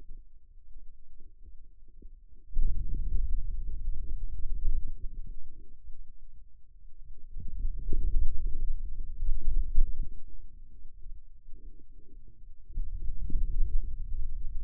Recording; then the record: forearm muscle sounds (acoustic myography)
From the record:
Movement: hand closing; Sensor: system 2, bracelet of six BSWA MPA416 microphones around the upper forearm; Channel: 5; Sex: male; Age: 22 years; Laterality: right